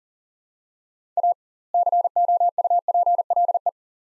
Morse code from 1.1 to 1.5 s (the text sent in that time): A